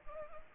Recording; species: mosquito wingbeat signal from an infrared sensor; Anopheles arabiensis